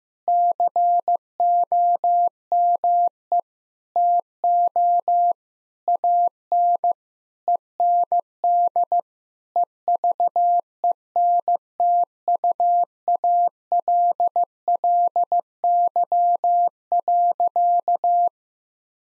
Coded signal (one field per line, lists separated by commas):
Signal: Morse code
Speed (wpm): 14 wpm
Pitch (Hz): 700 Hz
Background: none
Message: COME TO AN END EVENTUALLY.